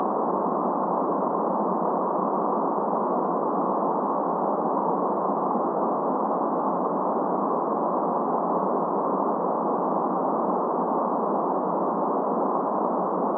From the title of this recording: Green Noise Soundscape